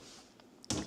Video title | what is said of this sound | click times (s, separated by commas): Decorate With Me Cozy Fall Vibes ft. LivNixWarm Autumn Touches I Fall 2025 Decorating Ideas | And then it also has the metal here so that it can click into place so it just doesn't open on its own. | 0.7 s